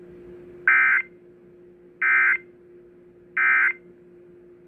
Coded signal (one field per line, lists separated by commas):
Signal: Emergency Alert System (SAME) tones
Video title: Required Weekly Test on WIAL